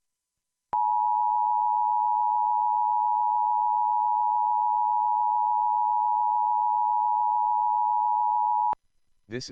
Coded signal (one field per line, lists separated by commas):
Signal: Emergency Alert System (SAME) tones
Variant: 853 and 960 Hz attention tone